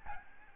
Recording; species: mosquito wingbeat signal from an infrared sensor; Aedes albopictus